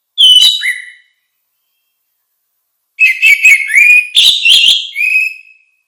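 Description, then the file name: Orange-headed thrush with a brief whistled note, then a longer run of warbled, slurred whistles ending in a drawn-out tone. "suara kicau burung anis merah"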